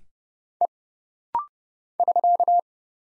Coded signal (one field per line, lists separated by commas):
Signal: Morse code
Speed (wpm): 30 wpm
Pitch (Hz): 700 Hz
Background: none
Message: E <SK>